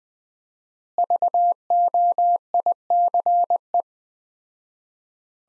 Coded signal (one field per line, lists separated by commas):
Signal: Morse code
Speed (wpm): 21 wpm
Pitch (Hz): 700 Hz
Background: none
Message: VOICE